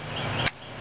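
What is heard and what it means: A spark plug wire, a rubber boot with a metal terminal, is pushed onto the spark plug terminal over steady broadband noise. A short, sharp snap at 0.5 s marks the boot seating, after which the background drops quieter. The wire is confirmed connected.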